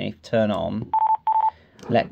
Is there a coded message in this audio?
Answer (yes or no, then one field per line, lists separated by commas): no